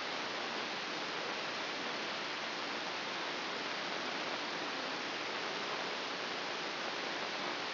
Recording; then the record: brain microelectrode recording played as sound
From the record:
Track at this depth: inside the subthalamic nucleus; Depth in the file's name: 2.632 mm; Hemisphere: left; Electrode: 3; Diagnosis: Parkinson's disease